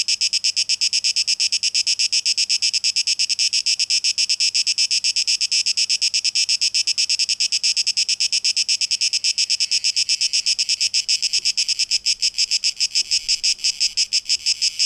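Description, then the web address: Cicada song, a long, steady, shrill pulsing drone with a soft hum beneath. Cicadas in a tape echo mix, dated 12 August 2023. "rauschpartikel Audio 2023-08-12 Zikaden"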